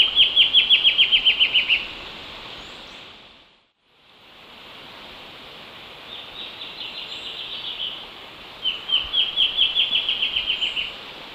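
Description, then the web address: Black-chinned antbird duet: a loud trilled series of high clipped notes, then after a pause softer trills and a second loud series, over steady background hiss. A duet, recorded in the eastern lowlands of South America. "Natures Songs S America Eastern Lowlands. Hypocnemoides melanopogon, duet"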